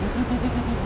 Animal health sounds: contact call of a hoofed animal; goat; low-frequency (closed-mouth) or high-frequency (open-mouth) call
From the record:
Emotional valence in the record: negative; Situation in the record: short social isolation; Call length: 0.86 s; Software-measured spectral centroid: 1710 Hz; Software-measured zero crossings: 1080 a second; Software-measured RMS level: -24 dBFS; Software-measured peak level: -13 dBFS

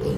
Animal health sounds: contact call of a hoofed animal; pig; closed-mouth grunt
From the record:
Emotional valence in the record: positive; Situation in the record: food and toys in familiar pen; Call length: 0.17 s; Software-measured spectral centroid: 1950 Hz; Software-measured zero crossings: 930 a second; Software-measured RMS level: -24 dBFS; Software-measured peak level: -14 dBFS

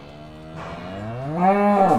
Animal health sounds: contact call of a hoofed animal; cattle; low-frequency (closed-mouth) or high-frequency (open-mouth) call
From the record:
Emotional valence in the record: positive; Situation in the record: visual reunion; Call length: 2.0 s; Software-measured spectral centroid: 1210 Hz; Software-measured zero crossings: 1370 a second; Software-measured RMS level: -21 dBFS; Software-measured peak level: -6 dBFS

